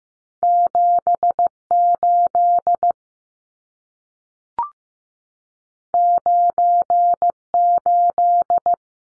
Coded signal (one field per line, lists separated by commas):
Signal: Morse code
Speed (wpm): 15 wpm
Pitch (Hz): 700 Hz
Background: none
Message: 78 98